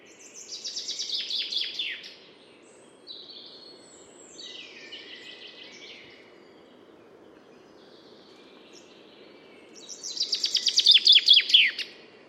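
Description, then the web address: Common chaffinch singing: a falling run of quick notes at the start and a louder run of rapid notes near the end, other faint bird notes between. "Deverinetal 2025 File origin Bird Only Fr Co"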